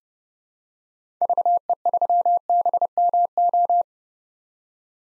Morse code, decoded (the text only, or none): VE3BMO